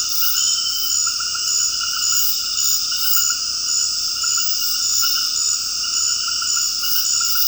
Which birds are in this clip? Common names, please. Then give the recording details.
none. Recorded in dense forest near Puerto Asís, Putumayo, Colombia, on 19 February 2024 at 20:30. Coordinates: 0.481, -76.318. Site G6421